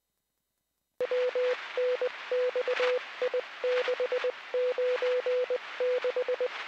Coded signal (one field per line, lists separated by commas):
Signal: Morse code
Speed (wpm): 20 wpm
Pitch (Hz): 500 Hz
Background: none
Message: WNXI696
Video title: 07-Apr-2024 // LAFD Los Angeles Fire Department SCANNER Radio ARCHIVE // FIRE & EMS // LA CAPTAIN